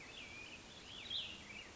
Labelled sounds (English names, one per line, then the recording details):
Cassin's Vireo
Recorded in Sonoma County, California